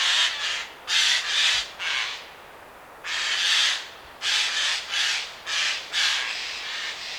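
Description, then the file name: Eurasian jay screeching repeatedly, rough raspy calls in clusters of two or three, with a short pause in the middle of the sequence. "Garrulus glandarius"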